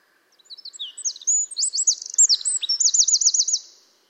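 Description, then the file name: Eurasian wren delivering a brisk, shrill phrase of varied twittering notes that builds into a rattling trill before stopping abruptly. "Troglodytes troglodytes"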